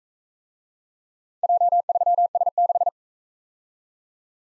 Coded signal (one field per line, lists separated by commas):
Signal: Morse code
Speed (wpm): 42 wpm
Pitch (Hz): 700 Hz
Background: none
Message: J3S6